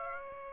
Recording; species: mosquito wingbeat signal from an infrared sensor; Aedes aegypti